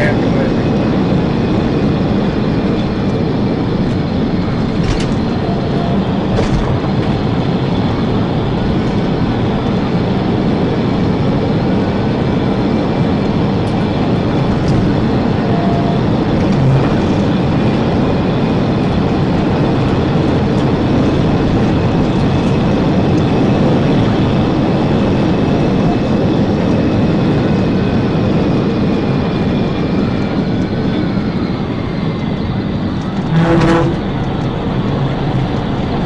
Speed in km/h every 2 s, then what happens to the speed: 224, 200, 200, 206, 209, 212, 216, 221, 225, 232, 233, 237, 237, 227, 212, 184, 182, 188.
0-2 brakes to 200. 4-24 speeds up to 237. 24-30 brakes to 184.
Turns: none.